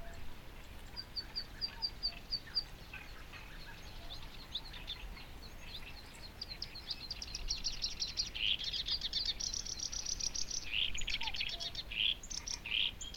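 Bird song, opening with a quick series of high thin notes, then a busy stretch of high chirps and trills.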